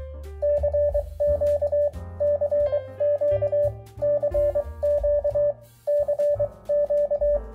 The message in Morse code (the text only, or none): CQ CQ CQ CQ